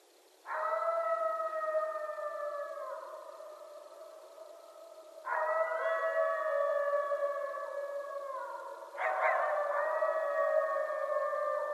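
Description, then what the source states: Coyote howls in three long sustained notes, each starting high and sliding slightly downward, the first two trailing off and the third still going at the end, with strong harmonics and hardly any pause between. Several coyotes recorded at night on 16 January 2012.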